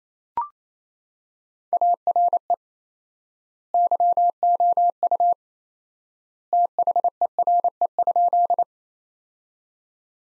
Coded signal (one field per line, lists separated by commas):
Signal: Morse code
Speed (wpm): 28 wpm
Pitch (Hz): 700 Hz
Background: none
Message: ARE YOU THERE?